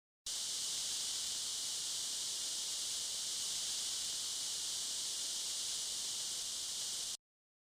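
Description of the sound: Simulated atonal tinnitus: a steady, noise-like, non-tonal hiss concentrated in the high frequencies, roughly 3 to 9 kHz, lasting about seven seconds with an even level throughout.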